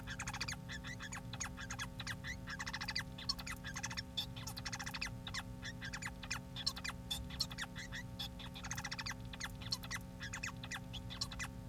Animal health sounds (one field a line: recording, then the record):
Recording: song of a male Bengalese finch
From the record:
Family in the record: son of father 4